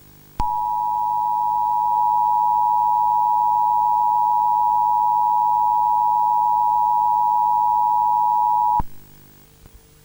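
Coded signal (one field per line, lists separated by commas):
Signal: Emergency Alert System (SAME) tones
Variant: 853 and 960 Hz attention tone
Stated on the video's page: Valid EAS SAME tones used in a fictional analog horror Emergency Alert System scenario.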